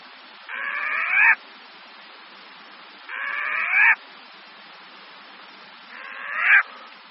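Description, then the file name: Short-eared owl giving three harsh, hoarse barking screams, each under a second and rising in intensity, spaced roughly every two and a half seconds over steady background hiss. "Kalous pustovka"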